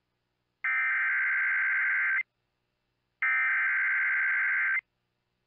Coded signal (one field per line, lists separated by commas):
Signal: Emergency Alert System (SAME) tones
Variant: header bursts